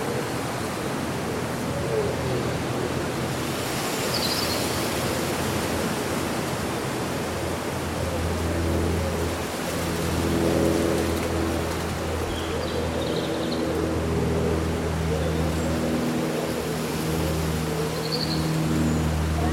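Summer wind rustles through leaves in a steady, dense hiss that barely changes in level for the whole stretch. Faint, brief bird chirps break through high up around 4, 13 and 18 seconds, and a low steady hum joins after about 8 seconds.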